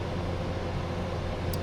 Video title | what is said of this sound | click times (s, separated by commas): OLD FERD RE-JIVE N SNOW DRIVE!!! FATHER N SON EDITION!! | You hear the click? Yeah. That's how you know we torqued it. | 1.5 s